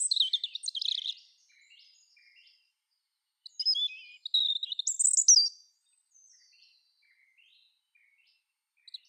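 European robin song, delicate high warbled phrases with thin whistles and quick trills, some softer notes trailing between them, and pauses in between.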